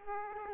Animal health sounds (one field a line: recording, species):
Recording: mosquito wingbeat signal from an infrared sensor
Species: Aedes aegypti